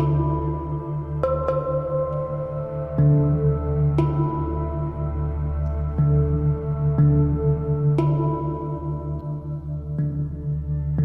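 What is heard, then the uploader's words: A binaural beat of steady, overlapping low tones hums throughout, with a deep drone underneath. Soft struck, bell-like notes sound every second or two, each ringing out and blending into the sustained layers, and the overall level stays even. Relaxation and Meditation Binaural Beat.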